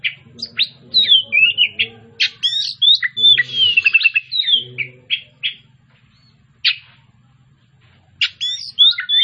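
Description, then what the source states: Oriental magpie-robin delivering quick chirps and a long slurred whistle, then a gap and a final chirpy burst, with a low hum beneath. Kacer Tretes, described as gacor (singing vigorously).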